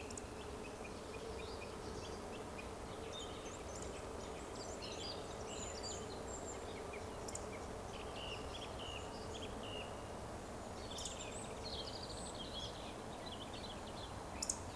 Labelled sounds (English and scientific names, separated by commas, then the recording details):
Eurasian Woodcock (Scolopax rusticola) whistle
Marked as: whistle, whistle, whistle, whistle, whistle
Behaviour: display flight
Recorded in Baden-Württemberg, Germany, on 11 June 2020 at 20:17 UTC
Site 14569, 102 m above sea level